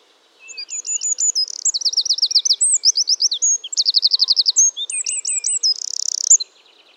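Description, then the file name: Eurasian wren song: a long, energetic stream of very high, rapid trills and ringing twitters, changing pace several times over about six seconds. "Troglodytes troglodytes"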